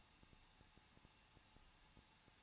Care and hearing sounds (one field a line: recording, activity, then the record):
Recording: daily activity, microphone in the room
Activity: no activity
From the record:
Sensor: 1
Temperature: 20.1 degrees Celsius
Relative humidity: 39.1%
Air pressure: 1006.4 hPa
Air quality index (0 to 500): 216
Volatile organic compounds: 73 ppm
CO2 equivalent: 3544 ppm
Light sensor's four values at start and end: 1/2/1/1 and 1/2/1/1